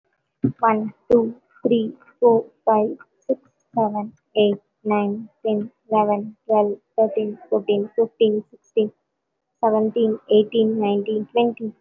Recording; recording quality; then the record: counting at a normal pace; excellent, no background noise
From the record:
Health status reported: recovered from COVID-19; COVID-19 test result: positive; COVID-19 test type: RT-PCR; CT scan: taken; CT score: 0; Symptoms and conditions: cough, cold, breathing difficulty, sore throat, fatigue, another respiratory illness, another condition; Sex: female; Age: 25 years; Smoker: no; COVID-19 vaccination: both doses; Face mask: worn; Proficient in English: yes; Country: India